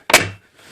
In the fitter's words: there see we heard all three of those snap in